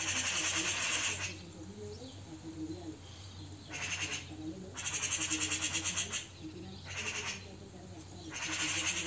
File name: Pica pica